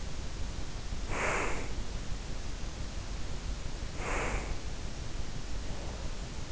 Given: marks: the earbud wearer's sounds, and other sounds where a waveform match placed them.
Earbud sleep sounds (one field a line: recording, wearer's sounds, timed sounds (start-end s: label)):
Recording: sounds in sleep by an in-ear microphone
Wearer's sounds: breath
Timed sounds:
0.93-1.91 s: breath
3.82-4.70 s: breath